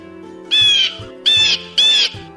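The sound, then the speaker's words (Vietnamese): Three harsh, loud crow-like caws in quick succession, each a rasping squawk about half a second long, with no voices present. “Chim thúi, mày ăn vụn thịt của tao, tao muốn giẫm chết mày.”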